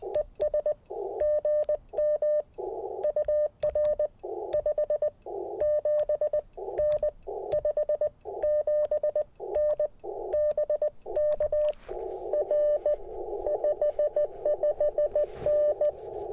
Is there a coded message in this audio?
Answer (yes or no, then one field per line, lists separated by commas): yes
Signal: Morse code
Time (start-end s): 0.2-15.9 s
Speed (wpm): 20 wpm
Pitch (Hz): 600 Hz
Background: none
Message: ES GM UR 57N 57N BK R 55N